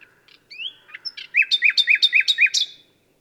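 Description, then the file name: Common nightingale song: a few soft varied notes, then a fast series of loud, sharp repeated notes. "Luscinia megarhynchos"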